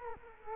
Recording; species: mosquito wingbeat signal from an infrared sensor; Culex quinquefasciatus